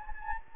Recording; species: mosquito wingbeat signal from an infrared sensor; Anopheles gambiae